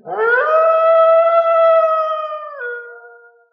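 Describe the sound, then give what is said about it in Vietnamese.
A single long, wolf-like monster howl from the Dạ Thiên Lang, an ancient blue-glowing monster bird with an eagle-like body and a wolf's head over thirty zhang long. It rises quickly to a sustained, harmonically rich tone, holds steady, then drops in pitch near the end and fades out, with no voices present. “Mười con quái điểu toàn thân tỏa sáng xanh, thân thể giống như là đại bàng, nhưng lại có một cái đầu sói dài tới ba mươi mấy trượng, tiếng động kia đúng là do nó phát ra.”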